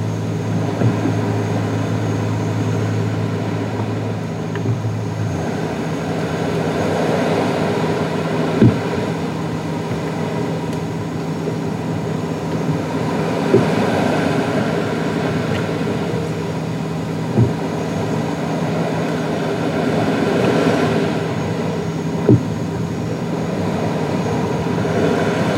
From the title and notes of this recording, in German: Die Beruhigende Atmosphäre In Einem Segelboot Während Einer Karibischen Nacht. Das Boot neigt sich sanft in den leichten Wellen der warmen See. Atmosphäre auf einem Segelboot bei Nacht in der Karibik.